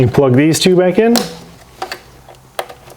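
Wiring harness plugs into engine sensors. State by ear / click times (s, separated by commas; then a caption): seated / 1.8 s, 2.6 s. Someone talks briefly, then two wiring harness electrical connectors are plugged back into the engine sensors of a Nissan Pathfinder 3.5L V6 after the intake work for changing the fuel injection dampers. Sharp clicks at 1.8 s and 2.6 s mark the connectors seating in place.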